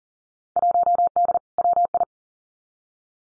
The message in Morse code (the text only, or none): 1D WI